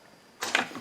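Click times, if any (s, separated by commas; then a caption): 0.5 s. A part is pressed by hand into a chamfered Husqvarna 372 chainsaw crankcase half, where the chamfer gives more room than on the earlier case, which needed jamming. After near silence, a scraping press begins at 0.4 s, and a sharp click at 0.6 s marks the part popping easily into place, followed by a faint tap at 0.8 s.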